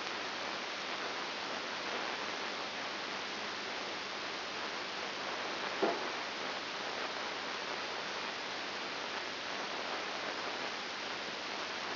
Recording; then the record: brain microelectrode recording played as sound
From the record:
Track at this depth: inside the subthalamic nucleus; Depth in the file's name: 5.901 mm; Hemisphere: left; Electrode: 2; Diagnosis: Parkinson's disease